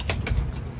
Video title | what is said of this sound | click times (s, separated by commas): 2024 Sea Ray SLX 350 Outboard at MarineMax Pompano! | push this down till it clicks | 0.1 s